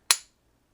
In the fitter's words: it locks in right at that number so that is an excellent style